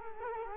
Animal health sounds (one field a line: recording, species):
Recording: mosquito wingbeat signal from an infrared sensor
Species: Culex quinquefasciatus